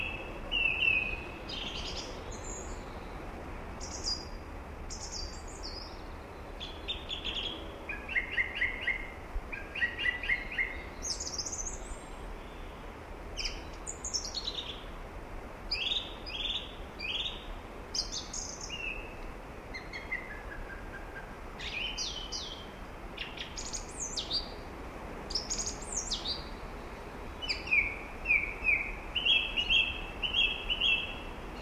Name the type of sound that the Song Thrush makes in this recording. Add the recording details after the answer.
song. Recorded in the wild. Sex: male. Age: adult. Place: Garmisch-Partenkirchen, Bayern, DE. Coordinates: 47.5194, 11.0806. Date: 1962-04-20. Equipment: Stellavox SM 5, Vorverstärker, Original, Vollspur. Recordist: Tretzel, Erwin